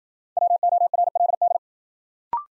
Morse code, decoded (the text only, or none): WORLD